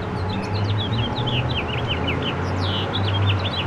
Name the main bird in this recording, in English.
House Finch